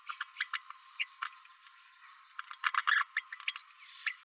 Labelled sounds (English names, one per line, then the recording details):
Green-rumped Parrotlet babbling
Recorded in a nest box in Venezuela
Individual 18B12A1